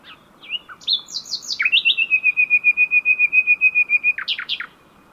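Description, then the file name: Common nightingale song opening with scattered chirps and swept notes, then a long even rattle of many rapid repeated notes, closing with sharp downslurred notes. "Luscinia megarhynchos"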